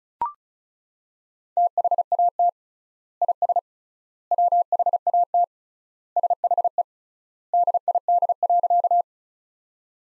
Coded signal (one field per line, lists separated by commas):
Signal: Morse code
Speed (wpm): 36 wpm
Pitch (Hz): 700 Hz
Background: none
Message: THAT IS WHAT SHE DID.